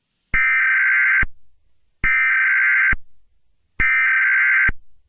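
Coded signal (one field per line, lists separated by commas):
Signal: Emergency Alert System (SAME) tones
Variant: header bursts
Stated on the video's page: Fictional EAS scenario with valid EAS tones.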